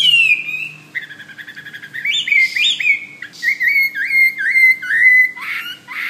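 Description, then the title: Bird song: a falling whistle, a quick series of short notes, then several repeated upslurred whistled notes, with a harsh burst near the end. "SuaraBurung Kicau"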